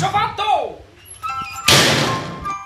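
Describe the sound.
A door is opened with a dull thunk followed by a broad burst of rattling noise, while people talk loudly over and around it.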